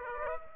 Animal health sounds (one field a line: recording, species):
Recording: mosquito wingbeat signal from an infrared sensor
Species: Aedes aegypti